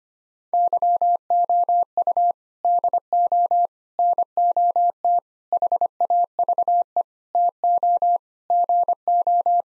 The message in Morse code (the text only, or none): YOU DO NOT HAVE TO GO